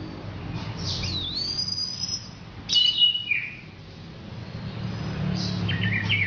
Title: Anis Merah